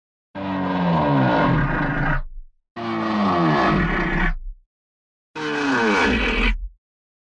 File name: Lion Roar